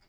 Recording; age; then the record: pig call; piglet (1 to 25 days)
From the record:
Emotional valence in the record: positive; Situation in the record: reunion after long isolation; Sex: male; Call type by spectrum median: low-frequency call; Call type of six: low-frequency tonal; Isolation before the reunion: 8 minutes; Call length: 0.09 s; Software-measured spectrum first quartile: 195 Hz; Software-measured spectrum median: 1441 Hz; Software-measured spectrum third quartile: 4235 Hz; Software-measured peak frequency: 4837 Hz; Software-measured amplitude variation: 58 dB a second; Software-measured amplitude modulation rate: 17.6 a second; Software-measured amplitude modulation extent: 3.3 dB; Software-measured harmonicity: 1.7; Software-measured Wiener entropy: -1.44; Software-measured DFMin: 455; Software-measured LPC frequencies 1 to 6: 681, 1469, 2169, 3336, 4785, 7018 Hz